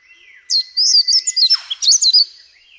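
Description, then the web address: Yellow-throated scrubwren song, a rapid burst of high, buzzy twittering notes lasting about two seconds, with a thin steady tone running beneath. "Yellow throated scrubwren. صدای-پرنده-خس-نشین-گلوزرد"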